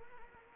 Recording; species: mosquito wingbeat signal from an infrared sensor; Anopheles arabiensis